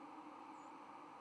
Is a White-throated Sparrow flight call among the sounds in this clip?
yes